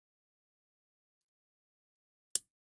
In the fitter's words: Oh, that was a satisfying click right there.